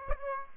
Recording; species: mosquito wingbeat signal from an infrared sensor; Aedes aegypti